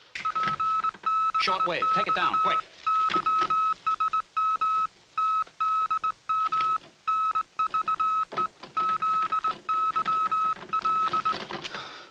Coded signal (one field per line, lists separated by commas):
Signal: Morse code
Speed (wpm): 20 wpm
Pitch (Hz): 1290 Hz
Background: speech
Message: PBXYSMTDMNVEZYL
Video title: Learning and Improving Morse Code for all - by Long Island CW Club